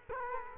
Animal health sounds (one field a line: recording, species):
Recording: mosquito wingbeat signal from an infrared sensor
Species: Culex quinquefasciatus